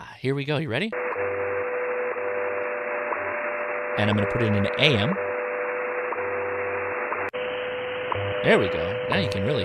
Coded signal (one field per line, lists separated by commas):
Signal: radio time signal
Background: speech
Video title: Can We Pass The Scout (Ham) Radio Merit Badge? Part 1